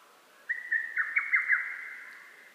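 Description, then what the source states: Lesser cuckoo giving a single whistled phrase of quick, clipped notes that runs together and then fades out. Recorded on 12 June 2010.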